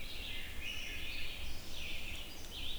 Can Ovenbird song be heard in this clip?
no